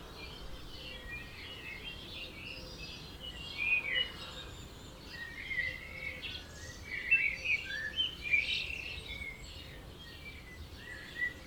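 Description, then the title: Several birds chirping and twittering in scattered high phrases against steady background hiss, the busiest stretch in the second half. Dawn chorus at 4am in Oberhofen, Inntal, Austria; binaural, for headphones. "Birds Oberhofen Inntal Austria - 4am - binaural version"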